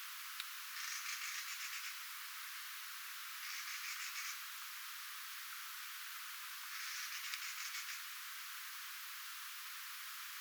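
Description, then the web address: Mistle thrush calling with three harsh, ticking rattles, each roughly a second long, separated by pauses of a couple of seconds, against constant background hiss. Recorded 3 October 2024; the calls somewhat resemble a Eurasian jay's, especially the first sound. "paivat 3 10 2024 kulorastaslinnun aantelya vahan muistuttaa varsinkin ensimmainen aani narhen aanta"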